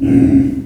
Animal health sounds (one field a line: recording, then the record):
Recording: squeal of a Yucatan mini pig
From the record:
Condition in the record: after surgery on the right vocal fold (resection and tissue-engineered implant)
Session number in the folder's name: 1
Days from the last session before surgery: 13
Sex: female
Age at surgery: 19 weeks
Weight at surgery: 25 kg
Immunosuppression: prednisolone